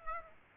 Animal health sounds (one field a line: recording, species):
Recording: mosquito wingbeat signal from an infrared sensor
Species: Aedes aegypti